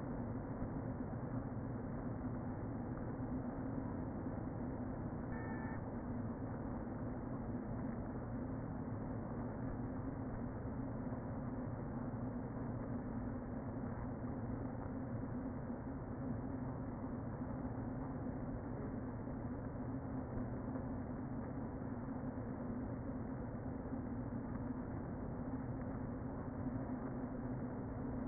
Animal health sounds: honeybee colony, microphone inside the hive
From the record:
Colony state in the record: queen present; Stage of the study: before two queens were removed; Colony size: about 60,000 bees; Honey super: yes

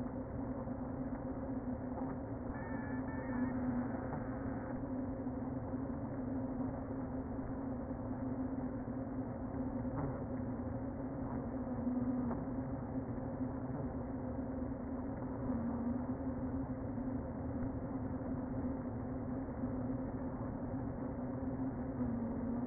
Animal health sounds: honeybee colony, microphone inside the hive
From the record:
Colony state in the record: queen present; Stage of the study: before two queens were removed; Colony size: about 60,000 bees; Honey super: yes

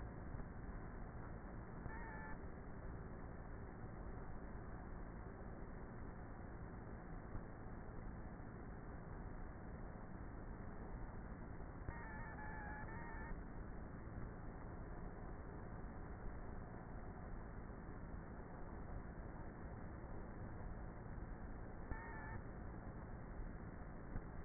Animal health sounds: honeybee colony, microphone inside the hive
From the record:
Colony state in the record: queenless with a low population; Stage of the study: before two queens were removed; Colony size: about 30,000 bees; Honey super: no

